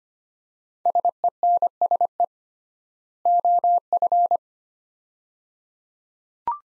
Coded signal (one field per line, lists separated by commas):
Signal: Morse code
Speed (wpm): 25 wpm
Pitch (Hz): 700 Hz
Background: none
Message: SENSE OF